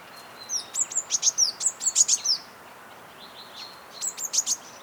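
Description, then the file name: Eurasian blue tit calling with a rapid chattering burst of high, thin notes, then a pause and another short high burst near the end. "Cyanistes caeruleus"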